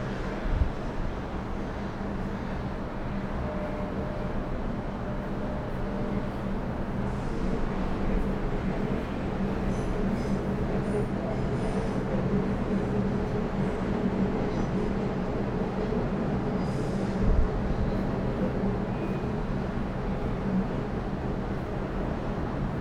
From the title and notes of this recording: Melbourne City early evening sounds from 29 floors above the ground. It's recorded using two microphones placed as if they were human ears. Today, a city soundscape from the 29th floor overlookingh the Docklands area.